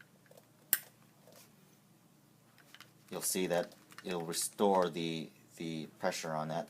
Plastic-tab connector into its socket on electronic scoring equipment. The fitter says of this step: so that it again clicks into place